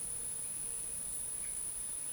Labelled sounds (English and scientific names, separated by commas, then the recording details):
none
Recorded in forest near Pivijay, Magdalena, Colombia, on 6 June 2023 at 16:30
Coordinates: 10.467, -74.380
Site Z5-G034